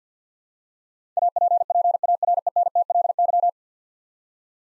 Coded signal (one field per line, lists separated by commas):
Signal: Morse code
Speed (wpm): 50 wpm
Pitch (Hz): 700 Hz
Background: none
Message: APPARENTLY